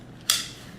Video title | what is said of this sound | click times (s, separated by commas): Interchangeable Holster Video | click in place now of course | 0.3 s